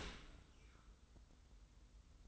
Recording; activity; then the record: daily activity, microphone in the room; open dishwasher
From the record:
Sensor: 3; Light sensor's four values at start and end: 34/80/32/31 and 34/80/32/31